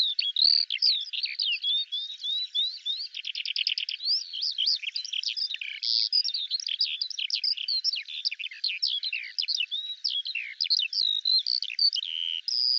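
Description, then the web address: Eurasian skylark song: nonstop high twittering with rising and falling whistled slurs and a brief rapid rattling trill in the first third. No other sounds are heard. "Deverinetal 2025 File cleaned normalized Bird Al Ar"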